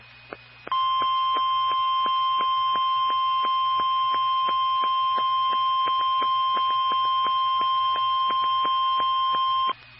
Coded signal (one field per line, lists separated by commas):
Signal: Emergency Alert System (SAME) tones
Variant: 1050 Hz attention tone